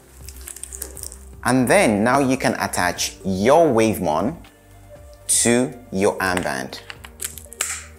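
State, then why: Seated. A plastic WaveMon personal RF monitor is pressed onto the cradle of an armband while someone talks, with small handling clicks around it. It latches into the cradle with a sharp click at 7.6 s and is seated.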